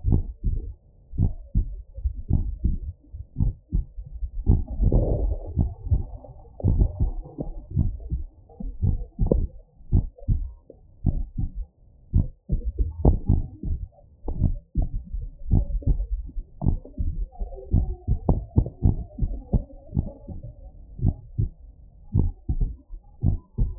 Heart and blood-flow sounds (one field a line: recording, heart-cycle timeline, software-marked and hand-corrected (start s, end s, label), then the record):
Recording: heart sounds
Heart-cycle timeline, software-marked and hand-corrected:
0.00	0.07	diastole
0.07	0.23	S1
0.23	0.47	systole
0.47	0.59	S2
0.59	1.19	diastole
1.19	1.33	S1
1.33	1.57	systole
1.57	1.67	S2
1.67	2.31	diastole
2.31	2.45	S1
2.45	2.65	systole
2.65	2.77	S2
2.77	3.41	diastole
3.41	3.53	S1
3.53	3.75	systole
3.75	3.85	S2
3.85	4.47	diastole
4.47	4.63	S1
4.63	4.93	systole
4.93	5.07	S2
5.07	5.59	diastole
5.59	5.73	S1
5.73	5.93	systole
5.93	6.05	S2
6.05	6.71	diastole
6.71	6.87	S1
6.87	7.01	systole
7.01	7.13	S2
7.13	7.77	diastole
7.77	7.91	S1
7.91	8.13	systole
8.13	8.23	S2
8.23	8.83	diastole
8.83	8.97	S1
8.97	9.21	systole
9.21	9.31	S2
9.31	9.93	diastole
9.93	10.07	S1
10.07	10.29	systole
10.29	10.43	S2
10.43	11.07	diastole
11.07	11.19	S1
11.19	11.39	systole
11.39	11.49	S2
11.49	12.15	diastole
12.15	12.27	S1
12.27	12.51	systole
12.51	12.61	S2
12.61	13.29	diastole
13.29	13.43	S1
13.43	13.65	systole
13.65	13.77	S2
13.77	14.41	diastole
14.41	14.55	S1
14.55	14.77	systole
14.77	14.89	S2
14.89	15.51	diastole
15.51	15.67	S1
15.67	15.89	systole
15.89	16.05	S2
16.05	16.67	diastole
16.67	16.79	S1
16.79	17.01	systole
17.01	17.13	S2
17.13	17.73	diastole
17.73	17.89	S1
17.89	18.09	systole
18.09	18.19	S2
18.19	18.85	diastole
18.85	18.97	S1
18.97	19.21	systole
19.21	19.33	S2
19.33	19.97	diastole
19.97	20.07	S1
20.07	20.29	systole
20.29	20.37	S2
20.37	21.03	diastole
21.03	21.15	S1
21.15	21.37	systole
21.37	21.49	S2
21.49	22.15	diastole
22.15	22.31	S1
22.31	22.57	systole
22.57	22.69	S2
22.69	23.25	diastole
23.25	23.37	S1
23.37	23.59	systole
23.59	23.73	S2
23.73	23.79	diastole
From the record:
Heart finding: abnormal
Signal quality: good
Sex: male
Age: 55 years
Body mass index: 21.1